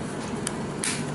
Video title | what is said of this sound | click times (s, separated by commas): Salt Meter Hayward ปากกาวัดค่าเกลือ SAL-HA-GLX-SALTMETER ตอนที่1 | โอเคดังแก๊กก็สามารถเปิดได้แล้วโอเค | 0.5 s, 0.8 s